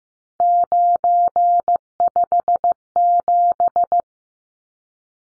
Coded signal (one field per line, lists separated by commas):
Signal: Morse code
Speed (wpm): 15 wpm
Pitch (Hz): 700 Hz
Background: none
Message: 957